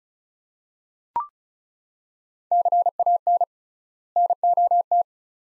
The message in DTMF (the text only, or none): none